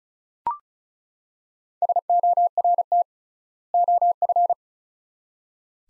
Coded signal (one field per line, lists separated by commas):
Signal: Morse code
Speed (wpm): 36 wpm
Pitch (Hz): 700 Hz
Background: none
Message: SORT OF